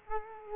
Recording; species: mosquito wingbeat signal from an infrared sensor; Culex quinquefasciatus